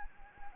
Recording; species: mosquito wingbeat signal from an infrared sensor; Anopheles gambiae